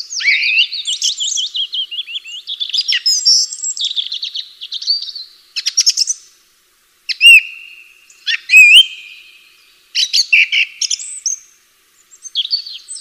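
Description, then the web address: Bird song with many phrases: warbled runs, clear rising whistles repeated twice, short pauses between bursts of sharp chirps and trills. "atelierson sons birds"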